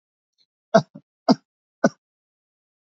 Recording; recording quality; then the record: shallow voluntary cough; excellent, no background noise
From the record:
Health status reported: exposed to COVID-19, no respiratory illness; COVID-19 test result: not tested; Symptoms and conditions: none ticked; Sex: male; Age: 31 years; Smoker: not ticked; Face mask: worn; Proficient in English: yes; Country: India